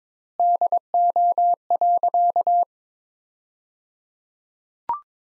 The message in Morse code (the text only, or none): DO.